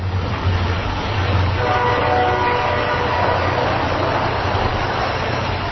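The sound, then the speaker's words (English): A train rumbles past on a busy railroad line about 50 kilometers from downtown Chicago, with a steady, loud roar of wheels on track, and faint tonal whines rise briefly through the middle of the noise. “A few meters from a busy railroad line, about 50 kilometers from downtown Chicago, a construction crew is drilling holes next to a shipping canal.”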